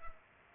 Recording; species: mosquito wingbeat signal from an infrared sensor; Culex pipiens